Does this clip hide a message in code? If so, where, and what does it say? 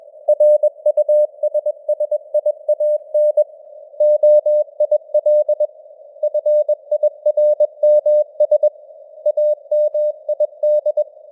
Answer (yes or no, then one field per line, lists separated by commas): yes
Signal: Morse code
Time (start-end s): 0.3-11.0 s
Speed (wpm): 21 wpm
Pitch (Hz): 600 Hz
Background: none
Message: RUSSIAN OIL FIRMS AMID